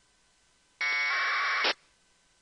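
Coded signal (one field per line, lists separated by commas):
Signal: packet radio (AX.25, as in APRS)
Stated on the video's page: Local APRS on 144.390 MHz NFM, received with an RTL-SDR using an 11400 Hz filter bandwidth and squelch 50, used to monitor local radio propagation.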